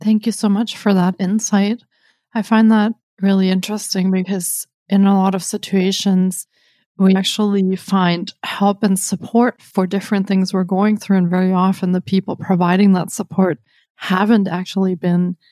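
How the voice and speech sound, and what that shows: One adult speaks fluently in clear conversational English at an even pace, with no stutter or voice disorder.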